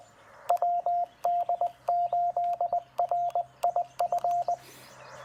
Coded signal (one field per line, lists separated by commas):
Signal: Morse code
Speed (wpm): 18 wpm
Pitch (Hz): 700 Hz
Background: none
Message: WD8RIF